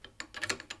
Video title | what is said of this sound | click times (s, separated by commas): Brownells BRN-22 Build | you'll fill everything Click into place when you get it just that | 0.2 s